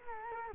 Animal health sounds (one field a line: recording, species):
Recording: mosquito wingbeat signal from an infrared sensor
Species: Culex quinquefasciatus